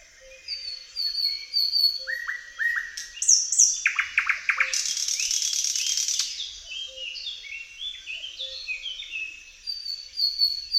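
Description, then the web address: Thrush nightingale song: high twittering notes and a few whistles, a burst of loud clicking notes and a long dry rattle, then rapid high twittering phrases. "Tajemnice puszczy Slowik szary"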